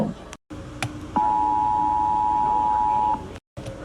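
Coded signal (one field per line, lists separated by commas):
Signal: Emergency Alert System (SAME) tones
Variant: 853 and 960 Hz attention tone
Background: speech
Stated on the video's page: Fictional EAS with simulated SAME tones, made as a FlipaClip animation.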